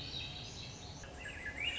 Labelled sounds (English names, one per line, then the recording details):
Swainson's Thrush
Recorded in Sonoma County, California